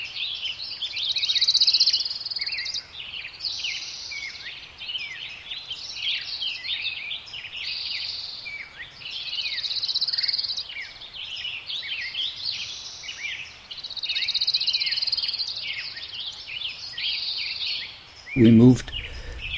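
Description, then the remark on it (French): A dense chorus of many birds sings in a forest in Sugarloaf State Park, 80 km north of San Francisco, in spring: high-pitched chirps, whistles and trills overlapping without pause, steady and moderately loud, with a brief louder burst just before the end. “Aujourd'hui, premier épisode, il y a plein d'oiseaux.”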